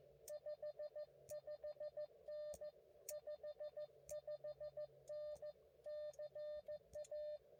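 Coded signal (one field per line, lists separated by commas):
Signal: Morse code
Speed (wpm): 15 wpm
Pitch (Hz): 600 Hz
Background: none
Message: 55N 55N CA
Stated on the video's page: Multi-day, multi-park POTA activation run across five parks.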